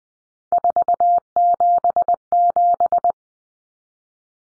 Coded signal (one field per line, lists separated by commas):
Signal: Morse code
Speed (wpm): 20 wpm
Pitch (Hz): 700 Hz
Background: none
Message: 477